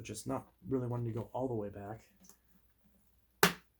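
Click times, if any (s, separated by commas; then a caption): 3.4 s. Someone talks while twisting the plastic dust cup of a Eureka TheBoss Power Plus (4703) vacuum back onto the vacuum body, lining it up with the unlock position. It resists going all the way back at first, with faint ticks around 2.3 s. It then locks into place with a single loud, sharp click at 3.4 s, and the dust cup is seated.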